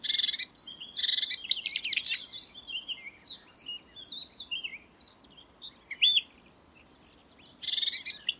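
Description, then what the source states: Marsh warbler song, with harsh buzzy bursts and fast rattles mixed with soft varied warbling and chirps, a sharp whistle about three-quarters of the way through, resuming loudly at the end. Song recorded in May 2020.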